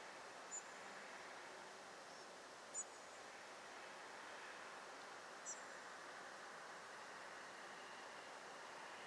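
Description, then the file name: European robin giving a few very high, thin, short calls, spaced apart, against a steady rushing background hiss. "Erithacus rubecula"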